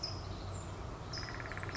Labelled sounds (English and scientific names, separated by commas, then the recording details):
California Towhee (Melozone crissalis)
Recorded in Sonoma County, California